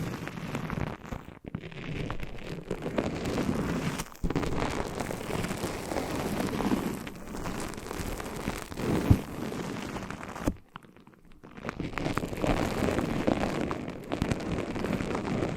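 Foamy, sticky crackling fills the clip in a dense, rain-like fizz with a low rumble beneath. It stops briefly near 1 and 4 seconds, pauses almost to silence around 10.5–12 seconds, then the crackling resumes steadily.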